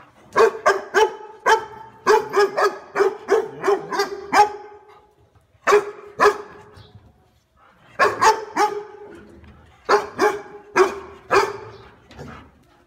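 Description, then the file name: Dog barking in long rapid volleys of repeated barks, broken by pauses of a second or two between bursts. "Tieng cho sua"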